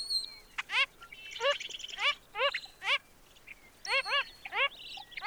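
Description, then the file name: Wilson's phalarope gives several nasal, upward-sweeping notes in loose clusters, with a few faint higher notes between them. "Wilsons Phalarope - Phalaropus tricolor"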